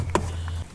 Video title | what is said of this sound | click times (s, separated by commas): SKODA FABIA Rear Door Inner Trim Panel (MK1 99-07) | clicking it nicely into place | 0.1 s